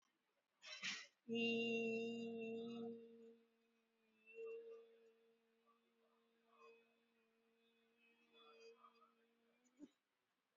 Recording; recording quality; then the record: sustained vowel as in beet; excellent, no background noise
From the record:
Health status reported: COVID-19 positive, mild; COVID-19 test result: positive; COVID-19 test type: RT-PCR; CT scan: not taken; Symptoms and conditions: cough, fatigue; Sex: female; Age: 22 years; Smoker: no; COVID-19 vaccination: one dose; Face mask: worn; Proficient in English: yes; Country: India